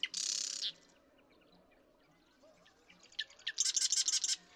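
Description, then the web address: Marsh Wren rattle: one dense buzzy trill at the start, then a pause before a stuttering run of ticks builds into another rattling burst, over a steady low hiss. "birdsongforthecurious Marsh Wren"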